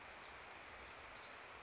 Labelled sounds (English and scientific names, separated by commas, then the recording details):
Pacific Wren (Troglodytes pacificus)
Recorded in Sonoma County, California